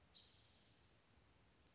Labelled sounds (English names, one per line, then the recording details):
Spotted Towhee
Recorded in Sonoma County, California